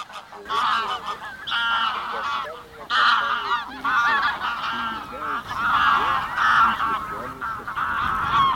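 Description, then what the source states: Greylag goose: greylag geese honking as a flock, overlapping nasal calls in dense irregular bursts throughout, a noisy chorus. Flock of greylag geese, described as a noisy gathering.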